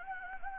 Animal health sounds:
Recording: mosquito wingbeat signal from an infrared sensor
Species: Anopheles gambiae

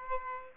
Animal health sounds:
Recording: mosquito wingbeat signal from an infrared sensor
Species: Aedes aegypti

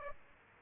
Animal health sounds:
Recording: mosquito wingbeat signal from an infrared sensor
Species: Aedes aegypti

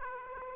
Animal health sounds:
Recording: mosquito wingbeat signal from an infrared sensor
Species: Aedes aegypti

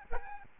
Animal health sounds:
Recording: mosquito wingbeat signal from an infrared sensor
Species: Aedes albopictus

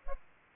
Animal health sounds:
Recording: mosquito wingbeat signal from an infrared sensor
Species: Aedes aegypti

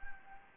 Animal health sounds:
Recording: mosquito wingbeat signal from an infrared sensor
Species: Anopheles gambiae

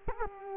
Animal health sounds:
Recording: mosquito wingbeat signal from an infrared sensor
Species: Culex quinquefasciatus

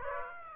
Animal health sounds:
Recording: mosquito wingbeat signal from an infrared sensor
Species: Aedes aegypti

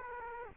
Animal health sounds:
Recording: mosquito wingbeat signal from an infrared sensor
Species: Culex quinquefasciatus

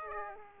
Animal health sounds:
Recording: mosquito wingbeat signal from an infrared sensor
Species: Aedes aegypti

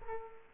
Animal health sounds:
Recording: mosquito wingbeat signal from an infrared sensor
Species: Culex quinquefasciatus

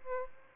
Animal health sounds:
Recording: mosquito wingbeat signal from an infrared sensor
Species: Aedes albopictus

